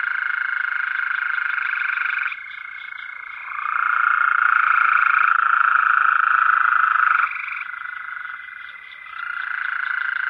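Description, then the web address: Coastal plain toad chorus: long, rapid buzzing trills from several toads overlapping and alternating, each a steady pulsed drone of a few seconds. North America. "Songs of Frogs Toads of North America. Coastal Plain Toad"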